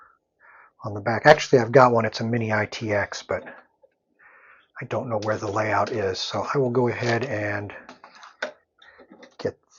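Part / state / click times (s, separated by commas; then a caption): cable connectors into motherboard headers / seated / 8.4 s, 9.4 s. Someone talks, then two cable connectors are plugged into motherboard headers while building in an ASUS TUF GT302 ARGB gaming case, giving sharp clicks at 8.4 s and 9.4 s. Both connectors snap in smoothly and are fully seated.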